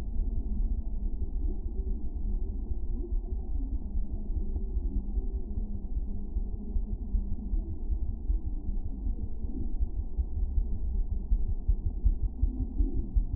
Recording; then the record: fetal heart sounds by stethoscope on the mother's abdomen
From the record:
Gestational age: 39 weeks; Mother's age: 27 years